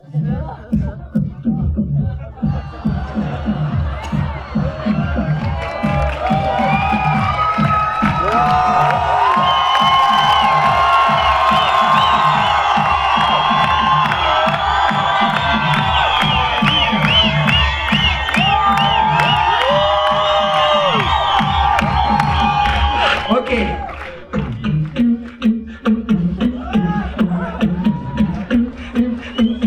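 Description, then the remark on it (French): A large audience cheers and shouts loudly and continuously for about twenty seconds over a steady, rhythmic low thumping, then the roar drops off abruptly near the end. “Parce que c'était cool, vous avez agité vos portables, mais il n'y avait pas assez de bruit. Alors, c'est quoi comme en boîte de nuit?”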